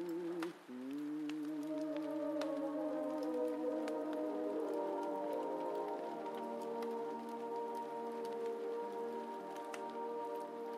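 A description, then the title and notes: Heavy rain hisses steadily while an oldies song plays from another room, its held, wavering vocal and instrumental notes sitting low and muffled. Sharp fire crackles pop irregularly throughout. The music briefly drops out just before the first second, then carries on. Heavy Rain & Fire Crackling Sounds While Oldies Playing From Another Room.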